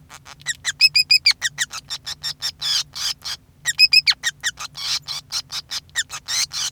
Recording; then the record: song of a male Bengalese finch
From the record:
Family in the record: son of father 5